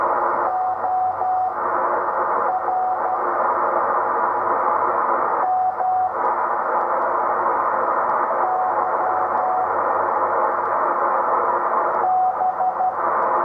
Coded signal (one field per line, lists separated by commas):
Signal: Morse code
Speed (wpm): 12 wpm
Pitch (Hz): 740 Hz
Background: radio noise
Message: OR M Y B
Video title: Slow Speed CW Ops in the Extra Segment + Demo FAIL outtro